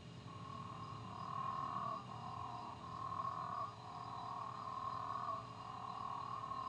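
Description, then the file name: Moreira's dwarf frog calls running nearly continuously as sustained, nasal notes with brief dips between them, over a constant low-pitched hum. "Physalaemus moreirae"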